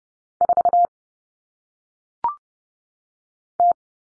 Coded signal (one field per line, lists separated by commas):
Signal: Morse code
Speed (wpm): 30 wpm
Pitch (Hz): 700 Hz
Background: none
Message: 4 T